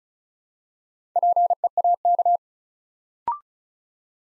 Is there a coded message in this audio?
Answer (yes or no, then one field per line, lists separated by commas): yes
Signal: Morse code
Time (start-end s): 1.2-2.4 s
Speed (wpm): 36 wpm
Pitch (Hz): 700 Hz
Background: none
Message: PEAK